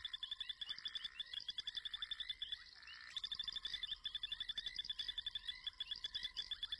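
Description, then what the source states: Tremolo sand frogs calling in chorus, rapid high trilled pulses repeated densely throughout. Male chorus advertising to females; the group calls together then falls silent together while another group farther off starts, confusing predators such as snakes.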